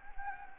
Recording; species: mosquito wingbeat signal from an infrared sensor; Anopheles gambiae